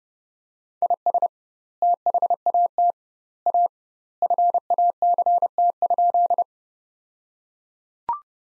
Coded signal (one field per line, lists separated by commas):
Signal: Morse code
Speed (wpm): 29 wpm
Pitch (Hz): 700 Hz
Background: none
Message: IS THAT A FACT?